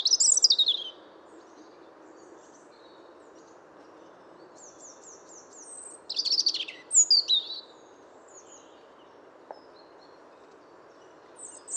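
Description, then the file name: European robin song: thin, high, varied phrases of twittering notes and a fast trill, in separated bursts between pauses, over a steady low background hiss. "Erithacus rubecula"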